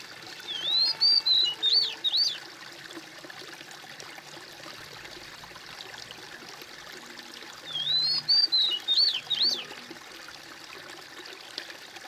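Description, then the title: Bird song of bright slurred whistles in a short phrase, repeated once roughly seven seconds later, set against a low continuous hiss. "kOMPILASI suara bird"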